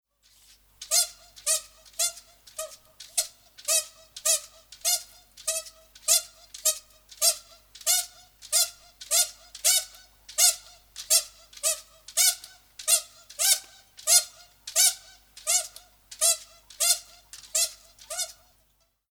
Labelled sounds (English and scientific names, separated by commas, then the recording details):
Spectacled Bear (Tremarctos ornatus)
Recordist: Tembrock, Günter
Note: Rhythmische Lautfolge eines Weibchens